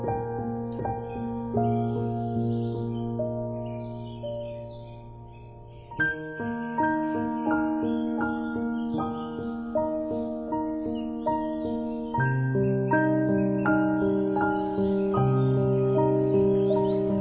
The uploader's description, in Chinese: 是一首混合舒緩鋼琴曲與森林鳥鳴流水的放鬆音樂